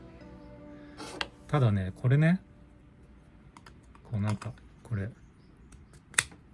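A handmade knife blade is pushed into its sheath while someone talks, and a sharp, loud snap at 6.2 s marks it locking in. The knife is seated and the sheath engages well.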